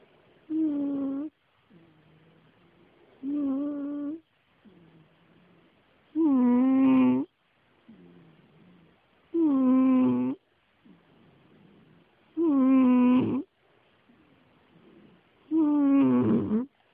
Cat snoring.